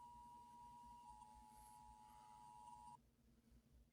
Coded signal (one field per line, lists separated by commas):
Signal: Emergency Alert System (SAME) tones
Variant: 853 and 960 Hz attention tone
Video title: US States Eas Alarms Reversed (Part 1)